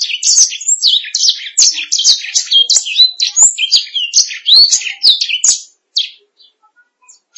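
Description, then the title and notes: Canary song, a rapid stream of high sweeping chirps and trills for about six seconds, then a few isolated notes before falling quiet. "Suara Burung Kenari"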